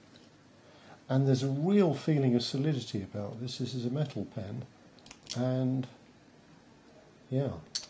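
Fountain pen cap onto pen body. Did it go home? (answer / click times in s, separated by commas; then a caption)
no / none. A metal-bodied Pilot Prera fountain pen's cap is handled near the pen body while someone talks over it, with brief handling noises between phrases. The cap has not been pushed home yet, and nothing has seated or clicked by the end of the clip.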